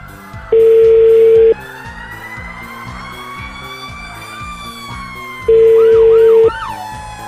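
A phone line rings back twice during a prank call on the Panda Show, each ring a steady mid-pitched tone lasting about a second with a long pause between, over busy background music with rising, siren-like sweeps.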